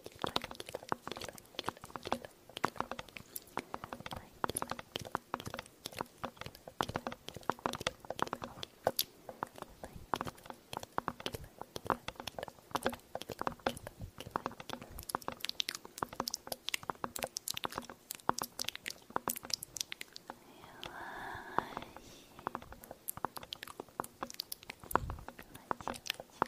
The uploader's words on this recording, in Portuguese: ASMR usando o microfone TASCAM, fazendo sons de boca e tapping na sensibilidade máxima.